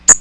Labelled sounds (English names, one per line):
Magnolia Warbler flight call